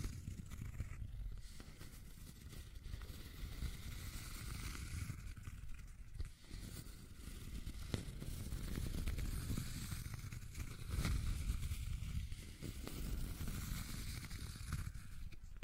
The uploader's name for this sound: Scratching and Tracing Sounds